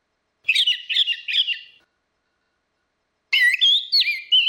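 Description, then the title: Orange-headed thrush giving three similar quick warbled phrases in a row, a silent pause, then a richer burst of looping whistled notes. "Burung Anis Merah"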